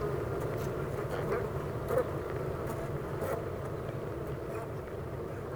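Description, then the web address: Honey bees giving a soft, even hive hum, with one brief sharper buzz in the middle. Honey bee hive at Clara Vale, Gateshead, UK. "impossible-music Honey Bee Hive-Clara Vale,Gateshead,UK"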